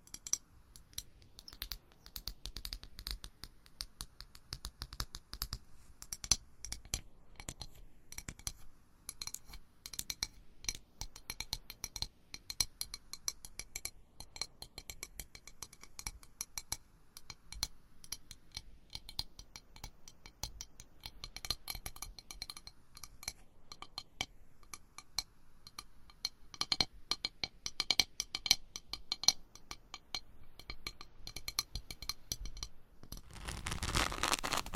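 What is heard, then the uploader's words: Dry tapping and scratching with nails on hard objects, a dense run of quick clicks and scrapes with small glassy clinks. The pace stays busy throughout, growing brighter and fuller in the last few seconds. ASMR Tapping and Scratching with 50 Different Mics , Items & Nails (No Talking).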